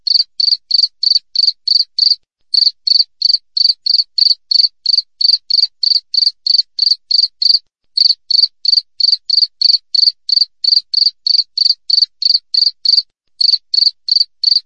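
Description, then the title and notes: Cricket producing a steady stream of bright, pulsed chirps near three per second, interrupted by a few short silences. Clear natural cricket chirping with tightly spaced pauses, made as a master track for training songbirds and for driving away rats. "Masteran Jangkrik Alam Jernih, Jeda Rapat Cocok Untuk Masteran Burung Dan Mengusir Tikus. suara jangkrik"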